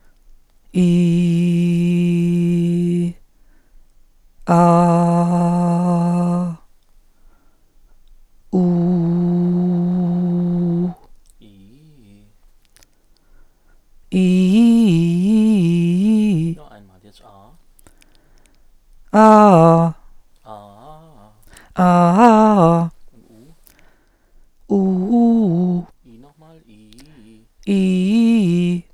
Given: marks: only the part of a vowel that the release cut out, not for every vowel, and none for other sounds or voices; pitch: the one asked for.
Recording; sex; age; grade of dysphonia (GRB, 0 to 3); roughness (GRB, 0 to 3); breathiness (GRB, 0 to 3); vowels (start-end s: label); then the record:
sustained vowels; female; 50 to 59 years; 2; 0; 2
0.88-2.86 s: vowel /i/, low pitch
4.59-6.27 s: vowel /a/, low pitch
8.75-10.69 s: vowel /u/, low pitch
22.00-22.82 s: vowel /a/, low-high-low pitch
24.78-25.72 s: vowel /u/, low-high-low pitch
27.76-28.67 s: vowel /i/, low-high-low pitch
From the record:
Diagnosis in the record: psychogenic dysphonia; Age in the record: 58 years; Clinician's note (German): Zustand nach Abtragung mit Narbenbildung